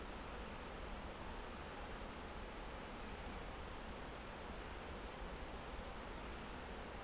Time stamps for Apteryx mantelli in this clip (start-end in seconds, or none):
none